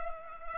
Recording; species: mosquito wingbeat signal from an infrared sensor; Culex pipiens